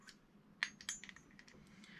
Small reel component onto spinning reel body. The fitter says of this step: this will just snap right back on